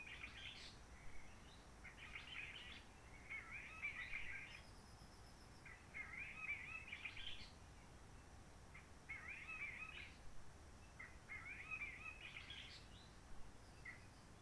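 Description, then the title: Réunion bulbul song: several short chattering, warbled phrases with pauses between them, over a steady low background rumble. Roche Merveilleuse forest, Réunion; quiet since the 19 March 2020 lockdown, no hikers, microlights or helicopters; sunny blue-sky weather; birds not very active; song simpler, short phrases, adapted to past noise pollution. "Roche Merveilleuse, Réunion - Merle de lîle de la Réunion."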